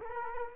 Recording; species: mosquito wingbeat signal from an infrared sensor; Culex quinquefasciatus